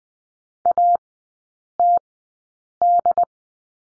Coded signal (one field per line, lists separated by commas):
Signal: Morse code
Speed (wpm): 20 wpm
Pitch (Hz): 700 Hz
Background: none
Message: ATD